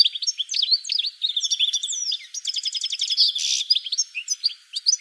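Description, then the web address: Bird song packed with jumpy whistled notes, a quick run of identical repeated notes and a brief rasping burst, delivered without a break. "cianscape birddata"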